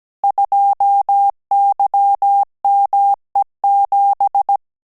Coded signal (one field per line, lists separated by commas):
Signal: Morse code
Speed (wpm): 17 wpm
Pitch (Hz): 800 Hz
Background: none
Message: 2YME7